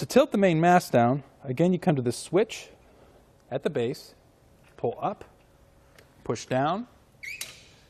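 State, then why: Seated. A Swagman Chinook 2-bike hitch rack on a 2017 Buick Envision has its main mast tilted down: the switch at the base of the rack is pulled up and the mast pushed down until the metal latch engages with a little click at 7.4 s, seating it in the lowered position. Someone talks throughout.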